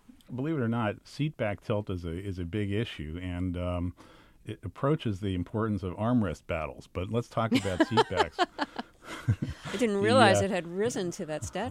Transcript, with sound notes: Believe it or not, seat back tilt is a big issue and it approaches the importance of armrest battles. But let's talk about seatbacks...
(LAUGHTER)
I didn't realize it had risen to that stature.